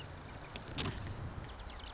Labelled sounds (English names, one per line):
Marsh Wren